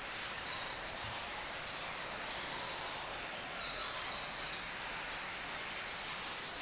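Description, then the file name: Bats, a dense, continuous chorus of high-pitched squeaks and twittering chatter, with rapid overlapping calls and no pauses. Busy bat activity inside a bat cave in Krabi, Thailand. "Bat Cave Busy Activity Krabi Thailand Epidemic Sound"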